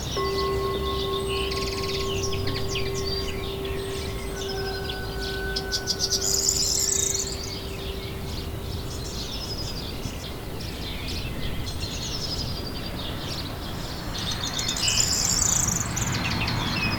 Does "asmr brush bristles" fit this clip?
no